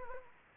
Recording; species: mosquito wingbeat signal from an infrared sensor; Anopheles arabiensis